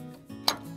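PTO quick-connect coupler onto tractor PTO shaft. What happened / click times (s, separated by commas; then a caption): The coupler locked onto the shaft / 0.5 s. A quick-connect coupler is pushed onto a tractor's power take-off (PTO) shaft until its ball-bearing keepers lock, over a steady low hum. A single sharp metallic hit sounds at 0.5 s as the coupler snaps into place and is seated on the shaft.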